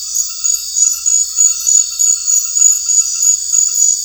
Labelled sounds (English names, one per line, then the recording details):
none
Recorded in secondary vegetation near Puerto Asís, Putumayo, Colombia, on 9 March 2025 at 21:30
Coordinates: 0.499, -76.323
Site G094